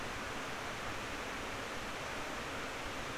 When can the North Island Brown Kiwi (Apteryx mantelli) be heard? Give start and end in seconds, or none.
none